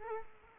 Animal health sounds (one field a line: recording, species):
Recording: mosquito wingbeat signal from an infrared sensor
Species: Culex quinquefasciatus